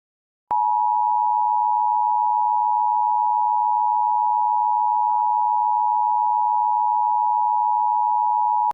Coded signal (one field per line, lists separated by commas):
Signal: Emergency Alert System (SAME) tones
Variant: 853 and 960 Hz attention tone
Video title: EAS Doomsday Scenario - Majora's Mask (Remastered)